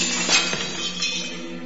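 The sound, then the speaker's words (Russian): A glass figure falls to the ground and shatters with a sharp, bright crash, followed by a shower of smaller shards tinkling and clinking as they scatter and settle over a second or so. “Стеклянный человек упал на землю и разбился.”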